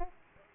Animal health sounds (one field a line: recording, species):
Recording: mosquito wingbeat signal from an infrared sensor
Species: Aedes aegypti